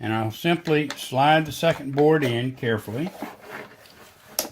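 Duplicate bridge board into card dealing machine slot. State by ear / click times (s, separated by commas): seated / 4.4 s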